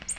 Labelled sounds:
Ovenbird (Seiurus aurocapilla) flight call

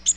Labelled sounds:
Bay-breasted Warbler (Setophaga castanea) flight call

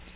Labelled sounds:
Blackpoll Warbler (Setophaga striata) flight call

